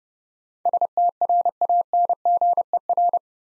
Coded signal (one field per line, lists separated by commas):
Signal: Morse code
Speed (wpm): 30 wpm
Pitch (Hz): 700 Hz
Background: none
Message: STRANGER